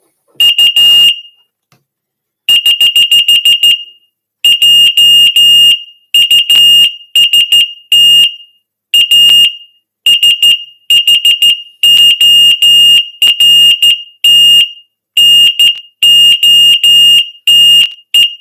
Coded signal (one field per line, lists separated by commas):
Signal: Morse code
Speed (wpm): 13 wpm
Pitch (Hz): 2850 Hz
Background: none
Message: U <HH> JUST A SHORT NOTE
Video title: Morse